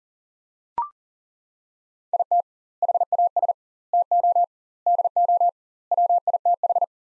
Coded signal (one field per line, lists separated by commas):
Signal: Morse code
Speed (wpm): 40 wpm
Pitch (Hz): 700 Hz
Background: none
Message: IT HAS TO DO WITH